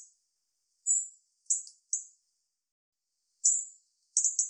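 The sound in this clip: European robin uttering a few isolated high, thin, drawn-out notes and short double ticks, separated by silent gaps.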